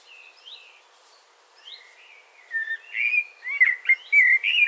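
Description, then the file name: Eurasian blackbird song: soft opening whistles, then a louder mellow warbling phrase with quick fluty notes and high squeaky accents near the end. "Turdus merula"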